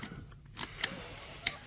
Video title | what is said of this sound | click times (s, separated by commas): Installing Waveeater products clips on a Yamaha powervalve engine. | there you hear it click | 0.8 s, 1.5 s